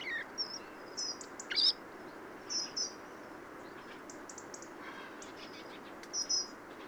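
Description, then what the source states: Bird subsong with sparse, high, thin whistles and brief chirps separated by pauses, heard against a constant soft hiss. Subsong from a bird in its first winter.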